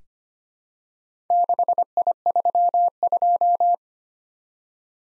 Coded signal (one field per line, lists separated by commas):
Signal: Morse code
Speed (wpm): 25 wpm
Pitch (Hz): 700 Hz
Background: none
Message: 6I32